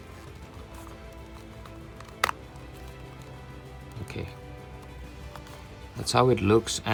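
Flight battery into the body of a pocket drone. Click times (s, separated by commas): 2.2 s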